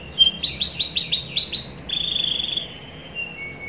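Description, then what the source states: Canary singing a quick series of high chirped notes, then a fast rolling buzzy trill and a short, clear whistled tail. Long, continuous singing in the 'cengkok' style of varied phrasing, described as fancy and 'gacor', meaning singing vigorously.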